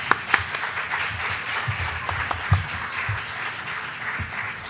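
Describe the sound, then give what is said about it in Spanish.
An audience applauds three speakers after a round-table discussion, steadily for several seconds, a dense wash of many hands clapping with a few sharper individual claps standing out, fairly even in loudness throughout. “Bueno, pues primero de todo, un aplauso a los tres, ¿no?”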